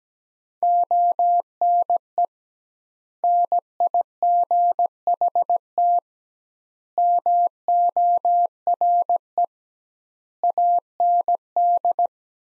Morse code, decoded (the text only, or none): ONE NIGHT MORE AND